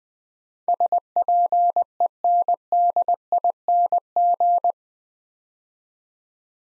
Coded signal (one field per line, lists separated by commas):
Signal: Morse code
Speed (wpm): 21 wpm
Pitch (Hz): 700 Hz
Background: none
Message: SPENDING